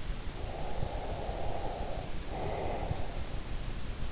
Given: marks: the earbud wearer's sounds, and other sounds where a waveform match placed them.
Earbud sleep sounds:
sounds in sleep by an in-ear microphone; breath
0.13-3.81 s: breath

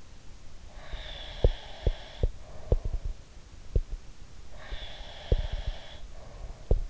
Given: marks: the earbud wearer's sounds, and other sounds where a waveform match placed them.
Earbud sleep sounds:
sounds in sleep by an in-ear microphone; breath
0.72-3.24 s: breath
1.38-4.02 s: sound from someone else or the room
4.47-6.89 s: breath
4.69-6.89 s: sound from someone else or the room

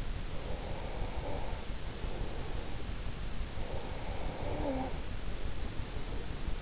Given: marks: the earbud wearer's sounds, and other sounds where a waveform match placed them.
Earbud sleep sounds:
sounds in sleep by an in-ear microphone; breath, snoring breath
0.57-2.90 s: breath
3.55-6.26 s: snoring breath

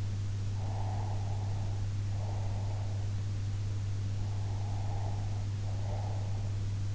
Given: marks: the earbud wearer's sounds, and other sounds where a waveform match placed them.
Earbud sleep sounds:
sounds in sleep by an in-ear microphone; breath
0.54-3.14 s: breath
4.23-6.62 s: breath

